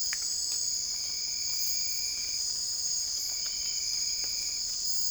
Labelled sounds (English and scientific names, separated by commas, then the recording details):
none
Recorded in secondary vegetation near Puerto Asís, Putumayo, Colombia, on 20 December 2024 at 02:00
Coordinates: 0.481, -76.318
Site G042